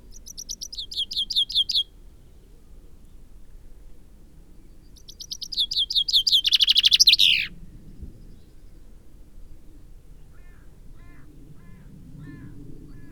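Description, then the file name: Common chaffinch song: two bright descending phrases of rapid repeated notes, the second ending in a loud flourish, with soft chirps and low rumble afterwards. "Fringilla coelebs"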